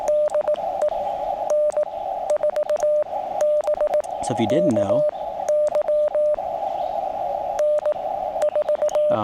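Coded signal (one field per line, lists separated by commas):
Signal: Morse code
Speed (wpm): 18 wpm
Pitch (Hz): 600 Hz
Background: speech, radio noise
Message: DE N4BKY N4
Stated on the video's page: QRP CW POTA activation from Great Smoky Mountains National Park using a QCX mini.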